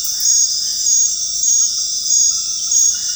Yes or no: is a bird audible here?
no